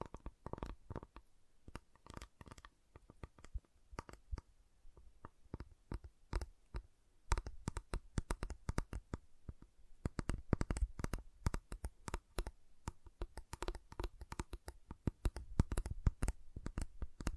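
Tapping, cutting and snapping on a giant chocolate bar: a dense run of sharp, crisp clicks and taps, irregular and often clustered into quick bursts. The pace picks up after about seven seconds, with louder, thicker hits through the second half.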